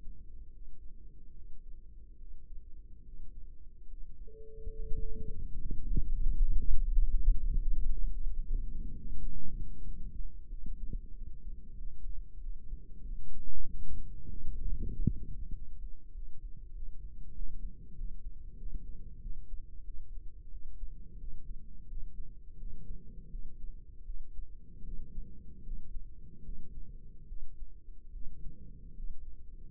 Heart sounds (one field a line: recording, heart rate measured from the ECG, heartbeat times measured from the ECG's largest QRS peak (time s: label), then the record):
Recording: heart sounds by microphone in the right ear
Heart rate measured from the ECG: 84 bpm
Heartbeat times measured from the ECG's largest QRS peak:
0.50 s: heartbeat
1.32 s: heartbeat
2.16 s: heartbeat
3.02 s: heartbeat
3.86 s: heartbeat
4.72 s: heartbeat
5.55 s: heartbeat
6.33 s: heartbeat
7.08 s: heartbeat
7.80 s: heartbeat
8.49 s: heartbeat
9.17 s: heartbeat
9.82 s: heartbeat
10.47 s: heartbeat
11.12 s: heartbeat
11.75 s: heartbeat
12.39 s: heartbeat
13.02 s: heartbeat
13.64 s: heartbeat
14.27 s: heartbeat
14.88 s: heartbeat
15.51 s: heartbeat
16.11 s: heartbeat
16.72 s: heartbeat
17.32 s: heartbeat
17.94 s: heartbeat
18.56 s: heartbeat
19.19 s: heartbeat
19.83 s: heartbeat
20.49 s: heartbeat
21.17 s: heartbeat
21.86 s: heartbeat
22.56 s: heartbeat
23.28 s: heartbeat
24.03 s: heartbeat
24.82 s: heartbeat
25.62 s: heartbeat
26.42 s: heartbeat
27.26 s: heartbeat
28.10 s: heartbeat
28.93 s: heartbeat
From the record:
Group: healthy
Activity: rest 0-10 s, cold pressor test 10-30 s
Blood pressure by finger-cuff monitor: 115/81 mmHg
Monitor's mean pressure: 94 mmHg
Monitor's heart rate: 86 bpm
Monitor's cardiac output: 6.3 L/min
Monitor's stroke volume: 74 mL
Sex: female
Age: 32 years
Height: 172 cm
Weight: 71.7 kg